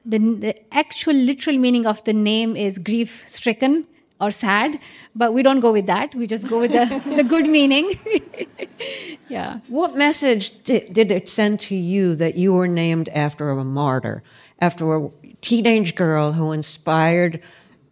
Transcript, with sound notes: The actual literal meaning of the name is grief-stricken or sad, but we don't go with that. We just go with the good meaning.
(LAUGHTER)
Yeah.
What message did it send to you that you were named after a martyr, after a teenage girl who inspired